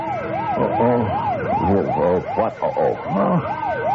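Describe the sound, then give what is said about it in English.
A bank alarm siren wails, rising and falling in steady, rapid sweeps, loud and continuous throughout, with rumbling engine noise and a few indistinct voices underneath. “Somebody in the bank must have hit the alarm.”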